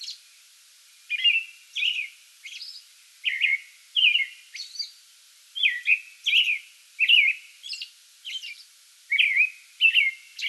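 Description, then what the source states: American robin song, a string of rich whistled phrases mixed with high thin squeaks. Pre-dawn song bout, recorded 8 May 2022.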